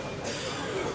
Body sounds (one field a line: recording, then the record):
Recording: coughing mixed with background sound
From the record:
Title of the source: Spring Cold Coughing 2